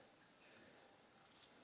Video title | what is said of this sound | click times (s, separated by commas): Everything We Built on our 7 Acre Homestead - Year 2 Compilation | Snap into place just like that. | 1.4 s